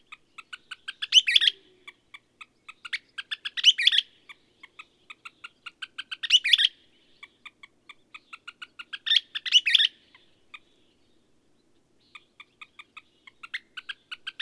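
Bird repeating its phrase four times: a steady train of light clicks swelling into a harsh, buzzy warble every few seconds, then more clicks.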